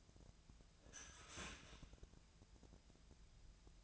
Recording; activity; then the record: daily activity, microphone in the room; start toaster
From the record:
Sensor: 2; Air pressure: 1000.0 hPa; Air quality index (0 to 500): 152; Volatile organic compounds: 2 ppm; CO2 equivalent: 1281 ppm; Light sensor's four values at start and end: 23/58/24/26 and 23/57/24/26